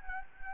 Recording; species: mosquito wingbeat signal from an infrared sensor; Anopheles gambiae